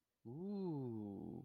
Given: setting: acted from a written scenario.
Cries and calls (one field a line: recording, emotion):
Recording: vocal sound without words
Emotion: realization